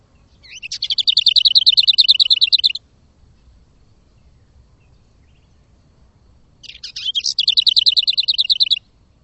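A bird gives two high, rattling buzzy trills of about two seconds each, with a quiet gap of roughly four seconds between them.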